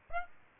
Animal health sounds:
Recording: mosquito wingbeat signal from an infrared sensor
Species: Aedes aegypti

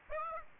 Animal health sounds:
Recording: mosquito wingbeat signal from an infrared sensor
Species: Aedes aegypti

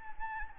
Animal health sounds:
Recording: mosquito wingbeat signal from an infrared sensor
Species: Anopheles gambiae

